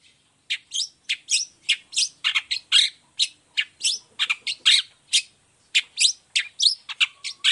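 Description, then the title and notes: Long-tailed shrike song, a fast, almost continuous stream of harsh, grating chirps and squeaky slurred notes, several each second, with brief pauses between runs. Cendet singing gacor (nonstop) in the morning with 'toet toet' voice variations; offered as a clear, varied song for other cendet to imitate. "Cendet Gacor Dor Di Kala Pagi Toet Toet Variasi Suara. Efektif Cendet Gacor Suara Jernih Full Variasi Sangat Mudah Di Tiru Cendet Jenis Apapun. Burung cendet"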